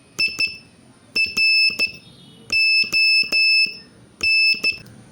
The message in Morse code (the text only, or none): IRON